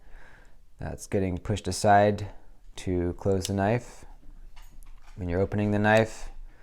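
A folding knife with a compression lock, a spring metal liner at the back of the handle, is being handled while someone talks about the liner that gets pushed aside to close the blade. A faint sharp transient is heard at about 4.8 s between the speech. Nothing has seated or clicked into place yet behind the tang.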